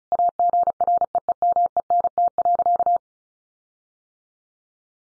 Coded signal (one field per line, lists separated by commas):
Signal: Morse code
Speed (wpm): 34 wpm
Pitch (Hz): 700 Hz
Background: none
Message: AGREEMENT.